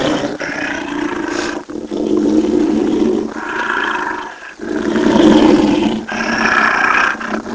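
Wolverine growling: deep, rough, continuous growls and snarls rising and falling in loudness in long surges, briefly pausing between them.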